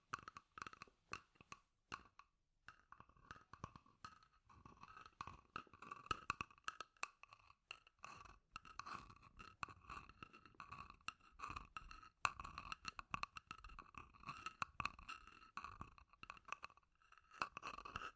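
Scratchy tapping runs the whole 18 seconds as dense, irregular clicks and scrapes with no steady beat. A brighter scratching tone holds through the middle, thickest from about 5 to 17 seconds. The opening is sparser, with separate taps and short pauses.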